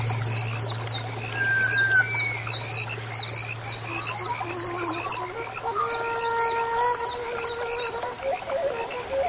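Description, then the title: Oriental magpie-robin singing rapid runs of high, sharply falling notes in quick series with short pauses, while drawn-out tonal whistles and a low hum run underneath. "Kicau Kacer"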